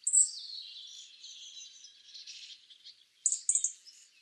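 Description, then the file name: European robin song: a thin, high warbling phrase trickling on for about three seconds, then a short burst of very high, sharp notes before it fades. "Erithacus rubecula"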